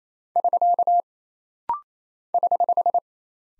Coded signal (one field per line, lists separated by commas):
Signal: Morse code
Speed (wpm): 27 wpm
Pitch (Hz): 700 Hz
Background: none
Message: <SK> <HH>